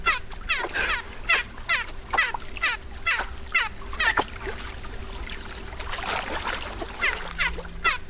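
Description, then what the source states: Dolphin squeaks: bright, harmonic, sweeping chirps repeated in quick succession, with a steady hum beneath. At night.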